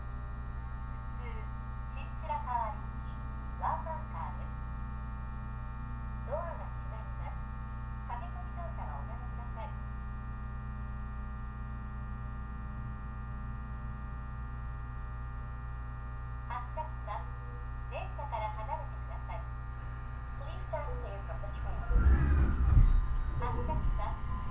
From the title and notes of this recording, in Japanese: 鉄道旅 東北本線 黒磯→新白河。現在は両方に対応した電車での運行となっており、かつて常磐線で走っていた電車が割り当てられています。